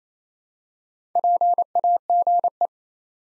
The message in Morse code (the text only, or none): PAGE